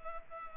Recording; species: mosquito wingbeat signal from an infrared sensor; Culex pipiens